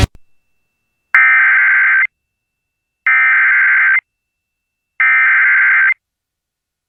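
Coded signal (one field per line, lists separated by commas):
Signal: Emergency Alert System (SAME) tones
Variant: header bursts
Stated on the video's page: EAS alerts, mostly flash flood warnings, in North Carolina.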